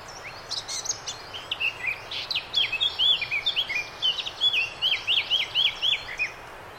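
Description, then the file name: Eurasian blackcap song: scratchy, hurried chattering warble that breaks into a loud, rich series of repeated fluted whistles, over steady background hiss. "Sylvia atricapilla"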